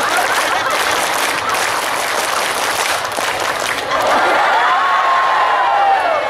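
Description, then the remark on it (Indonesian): A large crowd does the rhythmic scout clap (tepuk pramuka) together in a loud, steady patterned clap. The dense sound holds for several seconds while a high, wavering whistle-like tone rises over it toward the end. “Tepuk 1. Tepuk 2. Tepuk 3. Tepuk pramuka.”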